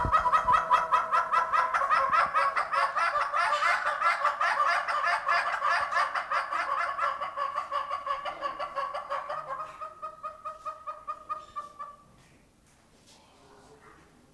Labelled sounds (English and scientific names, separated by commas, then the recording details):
Northern Red-billed Hornbill (Tockus erythrorhynchus) duetting
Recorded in captivity
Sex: pair
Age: adult
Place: Zoo Berlin, Berlin, DE
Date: 1997-10-18 11:18
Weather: sonnig, 12-15°C
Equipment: Nagra SN, Kopie Uher 4000 Report Monitor
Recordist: Tembrock, Günter